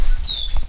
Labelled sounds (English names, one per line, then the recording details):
Stitchbird song
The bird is a male
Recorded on Tiritiri Matangi Island, New Zealand, in 2005
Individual 12, of nest box 16